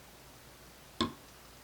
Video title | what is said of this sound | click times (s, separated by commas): Shimano Shadow + (Plus) Clutch Adjustment, Repair, Maintenance RD-M675 M786 M615 SLX XT Deore | See, that's the click. | 1.0 s